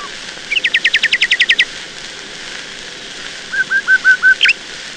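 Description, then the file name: Nightingale song: a fast run of about a dozen repeated rattling notes, a pause, then five slower whistled notes and a final sharp flourish, with constant hiss behind. "Solovei"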